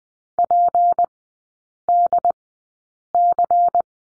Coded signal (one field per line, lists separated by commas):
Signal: Morse code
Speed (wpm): 20 wpm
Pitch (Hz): 700 Hz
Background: none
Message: PDC